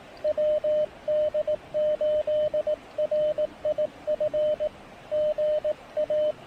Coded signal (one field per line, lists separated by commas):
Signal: Morse code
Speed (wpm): 18 wpm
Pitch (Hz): 610 Hz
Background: radio noise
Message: WD8RIF GA